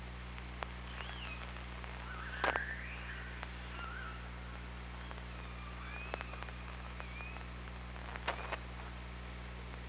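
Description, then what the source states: Killer whale calls: several wavering tonal sweeps among sharp clicks over a constant low underwater hum. Recorded on an OrcaLab hydrophone, 24 August 2017 at 07:23:45.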